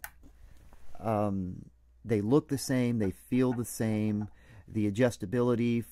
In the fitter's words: the apertures move back and forth and lock into place